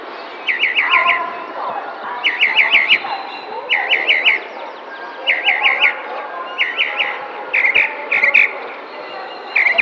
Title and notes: Cenzontle tropical que canta en primavera mientras alguien que hace ejercicio pasa a lo lejos en el parque de una colonia en San Cristóbal de Las Casas, Chiapas. Mayo 2021